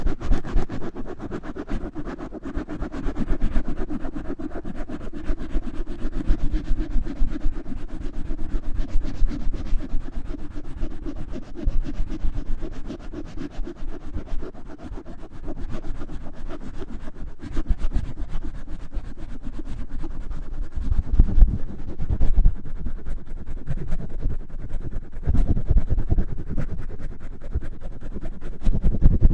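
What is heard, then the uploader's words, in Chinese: Microphone rubbing and friction noise runs through the whole half minute, a dense, low rumbling scrape with constant small crackles and clicks. It stays fairly steady, growing a little heavier after about twenty seconds, with a few stronger thumps near 21 and 28 seconds. 麦克风摩擦。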